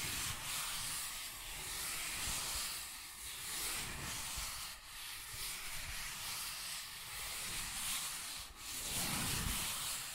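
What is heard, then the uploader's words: Cardboard being scratched and rubbed in a steady, dense run of rough, hissy strokes that fill the full ten seconds. The bright scraping surges and eases every second or so, with sharper catches near five and eight and a half seconds and low thuds underneath. Cardboard Scratching, Tracing, Tearing.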